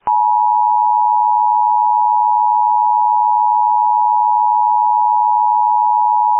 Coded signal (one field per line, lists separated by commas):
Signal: Emergency Alert System (SAME) tones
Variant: 853 and 960 Hz attention tone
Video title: All the rare EAS alerts i got